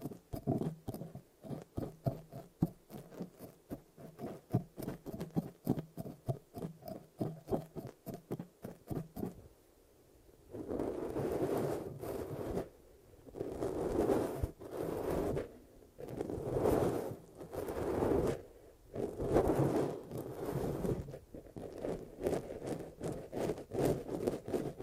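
Ear massage sounds: for the first nine seconds, quick, regular tapping and clicking fills the clip in a dense, even run. Then it turns into slower swells of rubbing and scratching, each lasting about a second and coming every two seconds or so, with bright hissy edges.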